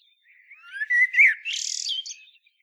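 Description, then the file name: Common blackbird song: a low fluted warble rising into a brief squeaky, high twittering flourish at the end of the phrase. "Turdus merula"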